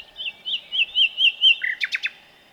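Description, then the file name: Common nightingale song phrase: a string of slurred whistled notes rising in strength, ending in three sharp, loud repeated chips. "Luscinia megarhynchos"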